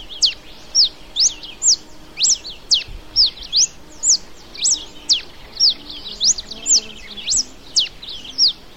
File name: ringed warbling finch